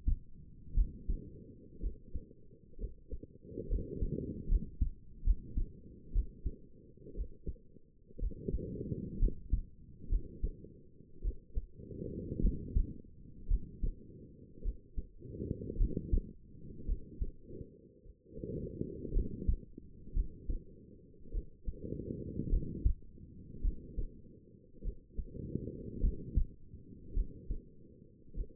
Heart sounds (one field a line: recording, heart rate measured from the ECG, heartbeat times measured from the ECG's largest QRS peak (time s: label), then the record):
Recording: heart sounds by stethoscope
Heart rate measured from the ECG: 57 bpm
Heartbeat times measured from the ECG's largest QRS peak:
0.75 s: heartbeat
1.81 s: heartbeat
2.79 s: heartbeat
3.69 s: heartbeat
4.49 s: heartbeat
5.25 s: heartbeat
6.13 s: heartbeat
7.15 s: heartbeat
8.20 s: heartbeat
9.20 s: heartbeat
10.10 s: heartbeat
11.22 s: heartbeat
12.42 s: heartbeat
13.48 s: heartbeat
14.63 s: heartbeat
15.78 s: heartbeat
16.86 s: heartbeat
18.03 s: heartbeat
19.14 s: heartbeat
20.14 s: heartbeat
21.32 s: heartbeat
22.50 s: heartbeat
23.62 s: heartbeat
24.83 s: heartbeat
26.01 s: heartbeat
27.14 s: heartbeat
28.35 s: heartbeat
From the record:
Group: healthy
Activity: rest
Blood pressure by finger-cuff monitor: 102/61 mmHg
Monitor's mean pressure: 76 mmHg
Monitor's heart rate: 56 bpm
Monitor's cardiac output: 5 L/min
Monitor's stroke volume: 93 mL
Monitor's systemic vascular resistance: 1090 dyn s/cm5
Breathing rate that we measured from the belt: 17 breaths a minute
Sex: female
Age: 28 years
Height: 170 cm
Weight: 77 kg